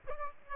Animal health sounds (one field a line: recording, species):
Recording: mosquito wingbeat signal from an infrared sensor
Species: Aedes aegypti